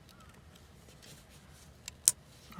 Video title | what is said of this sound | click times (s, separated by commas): Light show | you heard that click | 2.1 s